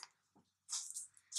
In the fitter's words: you'll hear the click sound.